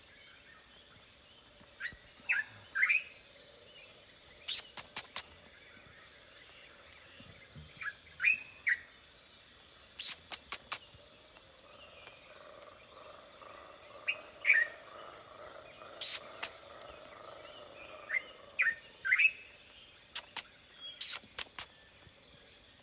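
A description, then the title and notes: Birds call in a rainforest, with short chirps and whistles arriving in bursts every few seconds, and sharp clicking snaps scattered throughout. A steady low hum sits underneath, and fainter calls keep the background busy between the louder notes. Bird Talk. Recorded at Kakamega Rainforest, Rondo Reserve.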